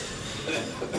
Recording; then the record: coughing mixed with background sound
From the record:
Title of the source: Cough Around the Clock!